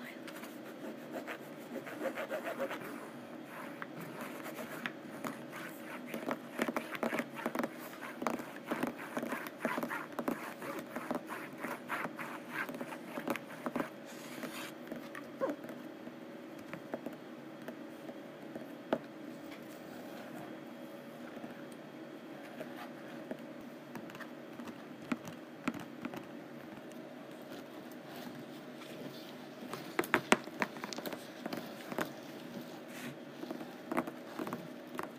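Rough canvas is scratched and tapped close up in a continuous, dense stream of short scrapes and ticks, with a few sharper knocks near thirty seconds.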